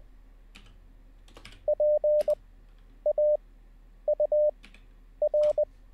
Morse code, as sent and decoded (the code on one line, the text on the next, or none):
.--. / .- / ..- / .-.
P A U R